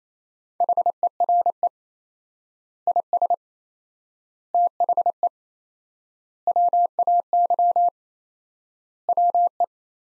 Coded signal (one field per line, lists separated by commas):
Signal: Morse code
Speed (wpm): 27 wpm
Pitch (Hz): 700 Hz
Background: none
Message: HERE IS THE WAY WE